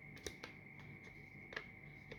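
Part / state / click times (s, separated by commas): back cover clips into smartphone body / not seated / none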